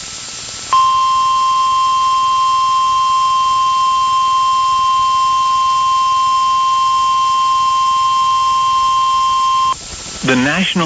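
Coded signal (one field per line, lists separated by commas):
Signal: Emergency Alert System (SAME) tones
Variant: 1050 Hz attention tone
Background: speech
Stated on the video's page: Personally captured EAS alerts for Mississippi and Louisiana.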